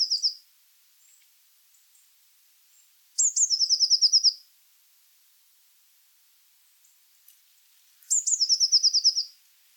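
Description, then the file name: Eurasian blue tit song, high notes then a rapid falling trill, repeated about every five seconds, with faint soft chips between phrases. "Cyanistes caeruleus"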